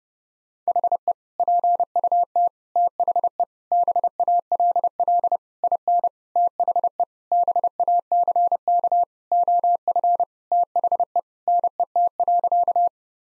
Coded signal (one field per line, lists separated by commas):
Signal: Morse code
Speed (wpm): 30 wpm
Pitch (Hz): 700 Hz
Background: none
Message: HE PUT THE BALL IN THE BACK OF THE NET.